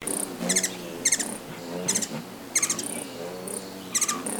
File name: Andrew Spencer - Ruby-throated Hummingbird Archilochus colubris